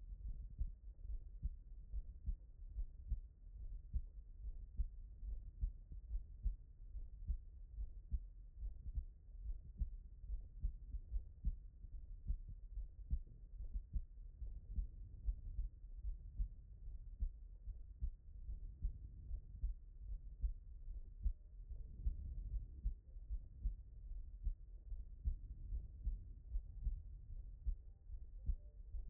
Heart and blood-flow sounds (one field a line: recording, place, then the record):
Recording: heart sounds by stethoscope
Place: pulmonary valve (PV)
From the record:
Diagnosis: non-HFrEF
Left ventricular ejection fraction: 48%